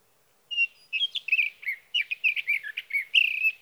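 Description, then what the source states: Sage thrasher song: an unbroken stream of quick warbles, buzzy slurs and brief whistled notes lasting about three seconds. Male singing through the night near his night roost, evening of June 12 to morning of June 15, 2018, Sierra Valley, California; Swift recorder.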